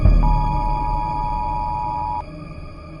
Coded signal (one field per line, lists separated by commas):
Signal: Emergency Alert System (SAME) tones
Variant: 853 and 960 Hz attention tone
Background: music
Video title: EAS scenario 1(and 2): Andy-Nado & Andy gets mad